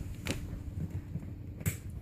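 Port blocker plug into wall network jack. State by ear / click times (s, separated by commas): seated / 0.3 s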